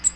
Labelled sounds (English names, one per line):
Cape May Warbler flight call